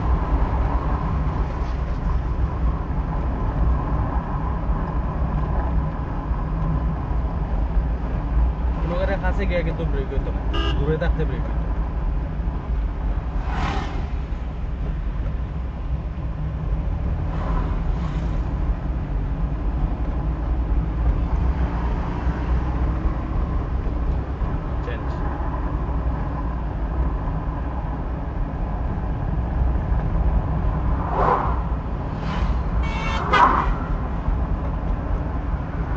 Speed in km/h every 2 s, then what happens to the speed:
30, 34, 42, 42, 41, 40, 35, 36, 32, 23, 23, 28, 33, 38, 43, 41, 39, 36.
0-4 speeds up to 42. 4-18 slows to 23. 20-28 speeds up to 43. 28-36 slows to 36.